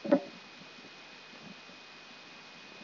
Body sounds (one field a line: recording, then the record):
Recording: brain microelectrode recording played as sound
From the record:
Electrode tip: outside the subthalamic nucleus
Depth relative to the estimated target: -8 mm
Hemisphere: left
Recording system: AlphaMap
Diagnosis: Parkinson's disease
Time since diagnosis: 8 years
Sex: female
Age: 37 years